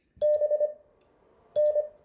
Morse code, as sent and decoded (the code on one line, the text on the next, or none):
-... -.
BN